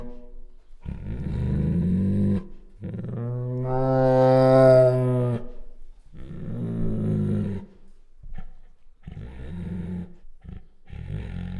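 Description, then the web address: Bengal tiger growling in low bursts, with a drawn-out tonal whine in the middle before the growls return. Female; chuffs, growls and whines. "Sound Ideas Tigers Sound Effects"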